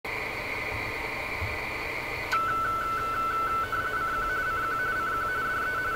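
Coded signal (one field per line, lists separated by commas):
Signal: RTTY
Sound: a steady high tone, then a lower warbling two-tone teletype chatter over hiss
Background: radio static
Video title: Test: RTTY-L mode FlDigi + FlRig + Yaesu FT-710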